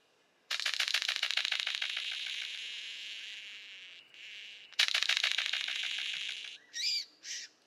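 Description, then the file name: Golden bowerbird giving a loud, dry buzzing rattle for about four seconds, a brief pause, then a second rattle, followed by two short whistled notes. "Prionodura Newtoniana"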